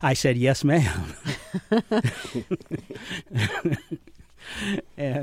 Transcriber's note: laughter